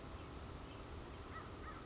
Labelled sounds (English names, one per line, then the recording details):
American Crow
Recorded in Sonoma County, California